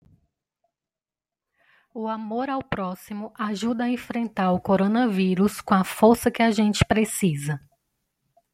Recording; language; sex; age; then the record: spoken sentence; Brazilian Portuguese; female; 30 to 39 years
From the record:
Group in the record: control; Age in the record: 33 years